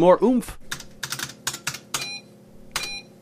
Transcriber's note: typing on keyboard